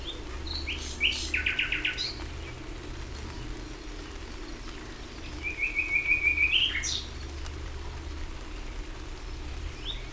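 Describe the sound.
Common nightingale song: a short pulsed trill, a pause, then a longer fast run of repeated notes ending in an upward flick, over low hum.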